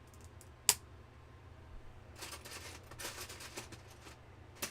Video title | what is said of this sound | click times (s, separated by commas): #Livestream What If? (Episode 9) What if LEGO designed ROSCOS Police Car from "Dukes Of Hazzard"? | That satisfying click. | 0.7 s